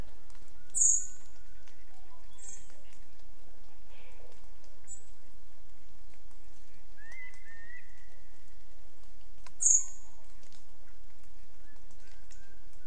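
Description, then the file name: Eurasian blackbird making several thin, high-pitched calls, the loudest near the start and about nine seconds later, with other birds whistling softly in the background. "Turdus merula"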